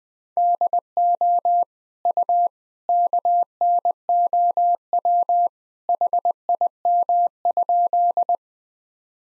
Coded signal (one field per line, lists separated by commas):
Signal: Morse code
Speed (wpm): 20 wpm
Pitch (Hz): 700 Hz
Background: none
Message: DO U KNOW HIM?